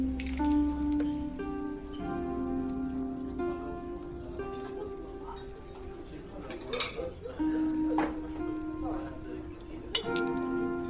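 A fantasy fairy cafe ambience built on soft, sustained tones that shift pitch every second or two, with bright chiming notes layered above. A gentle pattering like light rain runs underneath throughout, and faint murmuring voices and occasional clinks come and go.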